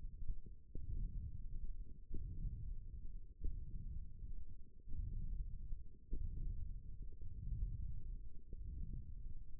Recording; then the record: forearm muscle sounds (acoustic myography)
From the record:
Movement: wrist extension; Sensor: system 1, eight BSWA MPA416 microphones around the upper forearm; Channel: 1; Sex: female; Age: 22 years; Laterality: right